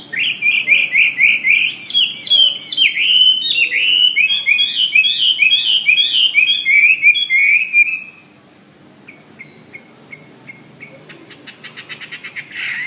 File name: omkicau hwamey